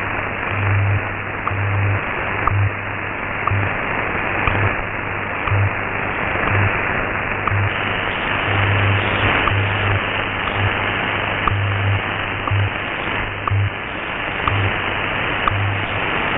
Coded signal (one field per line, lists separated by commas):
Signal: radio time signal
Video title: WWV Colorado and WWVH Hawai on 10 and 15 mHz